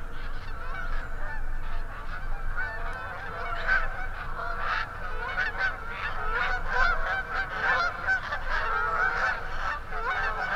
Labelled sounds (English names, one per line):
Canada Goose call